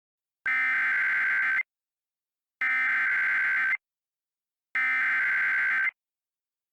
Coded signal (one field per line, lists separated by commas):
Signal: Emergency Alert System (SAME) tones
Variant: header bursts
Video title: Siren Head: An EAS Scenario